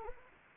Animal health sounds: mosquito wingbeat signal from an infrared sensor; Anopheles arabiensis

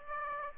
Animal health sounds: mosquito wingbeat signal from an infrared sensor; Aedes aegypti

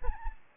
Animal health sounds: mosquito wingbeat signal from an infrared sensor; Aedes albopictus

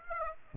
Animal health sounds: mosquito wingbeat signal from an infrared sensor; Aedes aegypti

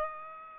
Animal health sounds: mosquito wingbeat signal from an infrared sensor; Aedes aegypti

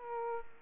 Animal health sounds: mosquito wingbeat signal from an infrared sensor; Aedes aegypti

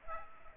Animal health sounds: mosquito wingbeat signal from an infrared sensor; Aedes aegypti

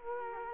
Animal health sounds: mosquito wingbeat signal from an infrared sensor; Culex quinquefasciatus

